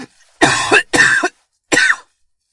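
An adult coughs three times in short, harsh bursts.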